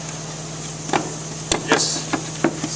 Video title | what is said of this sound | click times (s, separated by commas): Storage Chest Step #7 | snap in place there | 1.5 s